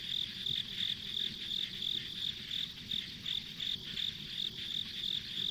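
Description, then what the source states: Insect chorus, high rhythmic chirps repeating quickly and evenly, with a faint low hum underneath. Ambient insect sounds recorded on a country road.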